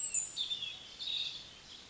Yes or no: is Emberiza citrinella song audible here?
no